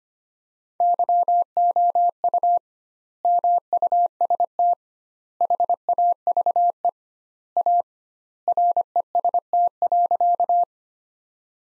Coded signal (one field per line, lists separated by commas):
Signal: Morse code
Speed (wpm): 25 wpm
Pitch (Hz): 700 Hz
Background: none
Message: YOU MUST HAVE A REST.